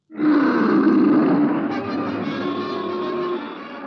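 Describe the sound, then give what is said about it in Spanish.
A lion loose in a city lets out a deep, loud, rasping roar that starts abruptly, holds strong for over a second, then trails into a lower, rumbling growl. No voices. “El rey está molesto y ruge a la ciudad.”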